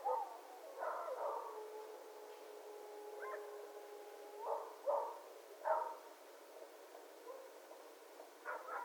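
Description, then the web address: Red fox giving soft, short yelping calls in irregular bursts, with a steady faint tone running beneath for several seconds. Recorded 11 January 2012. "Red Fox 2012 01 11 Red Fox long"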